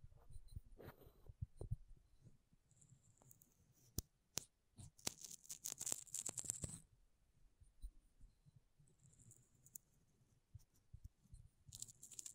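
Makeup tapping and scratching: soft, dull taps and low thuds keep coming in an uneven, fairly dense pattern throughout. Near the middle, around five to seven seconds, a burst of sharp, bright clicks and scratchy rubbing stands out. Quieter hissy scratching returns near the end.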